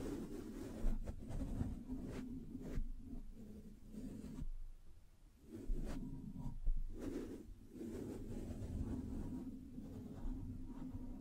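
Scratching and tracing strokes with scattered taps over a steady low rumble, broken by a brief quieter pause around the middle.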